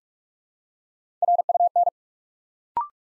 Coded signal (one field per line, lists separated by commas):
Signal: Morse code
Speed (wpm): 44 wpm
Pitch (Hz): 700 Hz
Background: none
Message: RUN